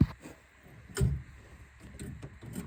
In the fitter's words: You're going to hear a click. That means the retainer clip is now loose, and now you're able to remove that there.